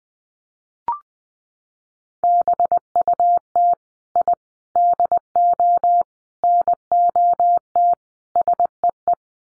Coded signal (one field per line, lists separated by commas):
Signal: Morse code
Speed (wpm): 20 wpm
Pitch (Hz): 700 Hz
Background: none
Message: BUT I DO NOT SEE